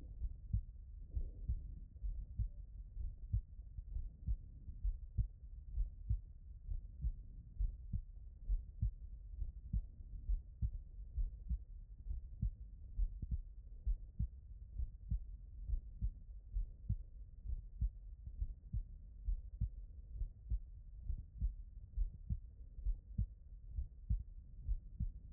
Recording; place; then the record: heart sounds by stethoscope; mitral valve (MV)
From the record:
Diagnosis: non-HFrEF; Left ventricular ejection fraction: 60%